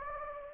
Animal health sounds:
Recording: mosquito wingbeat signal from an infrared sensor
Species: Anopheles gambiae

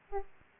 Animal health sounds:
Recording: mosquito wingbeat signal from an infrared sensor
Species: Aedes aegypti

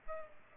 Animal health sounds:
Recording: mosquito wingbeat signal from an infrared sensor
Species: Culex pipiens

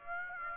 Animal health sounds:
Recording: mosquito wingbeat signal from an infrared sensor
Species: Aedes aegypti

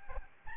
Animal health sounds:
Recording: mosquito wingbeat signal from an infrared sensor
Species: Aedes albopictus

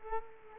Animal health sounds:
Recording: mosquito wingbeat signal from an infrared sensor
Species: Culex quinquefasciatus

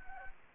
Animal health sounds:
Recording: mosquito wingbeat signal from an infrared sensor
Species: Anopheles gambiae

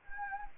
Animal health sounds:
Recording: mosquito wingbeat signal from an infrared sensor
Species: Anopheles gambiae

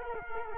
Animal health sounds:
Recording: mosquito wingbeat signal from an infrared sensor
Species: Culex quinquefasciatus

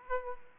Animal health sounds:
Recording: mosquito wingbeat signal from an infrared sensor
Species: Aedes aegypti

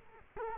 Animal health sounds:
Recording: mosquito wingbeat signal from an infrared sensor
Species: Culex quinquefasciatus

